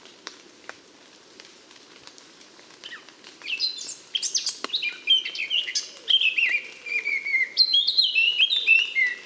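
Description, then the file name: Eurasian blackcap delivering a long, tumbling song that builds from a scratchy warble into loud, varied flute-like whistles, continuing to the end. "Sylvia atricapilla"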